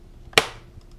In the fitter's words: press in until you hear some clicks like